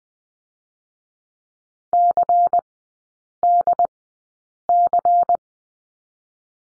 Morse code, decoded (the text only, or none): CDC